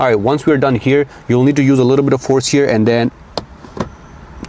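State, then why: Released. Someone talks while prying the plastic dash trim panel around the stock radio of a 2019 to 2023 Jeep Wrangler loose from the dashboard with a little force. After the talking stops, three sharp clicks follow, and the first and loudest, at 3.4 s, is the panel releasing and clicking off.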